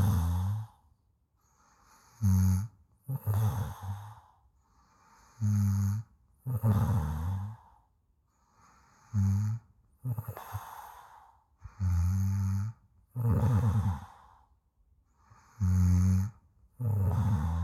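Low, rumbling, rattly human snores come in paired bursts, a drawn-in snore followed by a shorter outbreath, about every three and a half seconds, roughly 17 breaths a minute. This is ordinary snoring.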